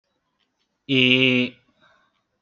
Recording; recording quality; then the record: sustained vowel as in made; excellent, no background noise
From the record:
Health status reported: healthy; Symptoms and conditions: diabetes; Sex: male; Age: 40 years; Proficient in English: yes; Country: India